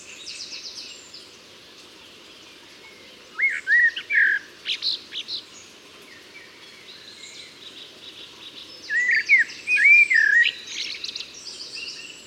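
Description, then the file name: Common blackbird song: two fluted, warbling phrases of low whistles ending in thin squeaky twitters, separated by a pause, over constant high chirping from other small birds. "Turdus merula"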